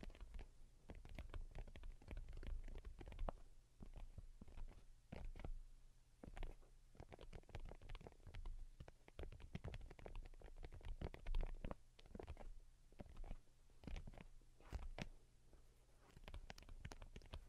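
Soft, delicate tapping goes on without pause, light taps falling in quick, uneven clusters rather than a steady beat. Each tap is short and dry, with a low, muffled body and some bright click on top. A faint low hum sits underneath throughout.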